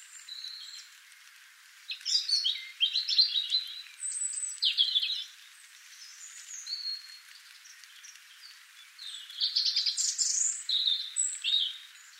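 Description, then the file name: European robin song with several varied high phrases: rapid tinkling trills, thin drawn-out whistles and scratchy twittering runs, separated by short pauses. "Erithacus rubecula"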